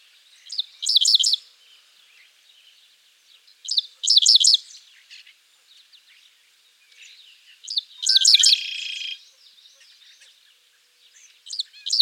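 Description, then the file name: Dickcissel singing several phrases of sharp stuttering chips with pauses between them, one phrase ending in a harsh buzzy rasp. "Spiza americana - Dickcissel"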